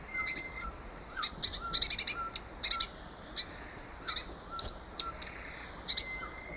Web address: Natures Songs S America Eastern Lowlands Euphonia minuta, song